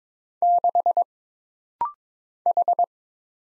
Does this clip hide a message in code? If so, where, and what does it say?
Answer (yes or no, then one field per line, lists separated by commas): yes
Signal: Morse code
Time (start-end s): 0.4-2.8 s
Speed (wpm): 22 wpm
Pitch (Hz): 700 Hz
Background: none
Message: 6 H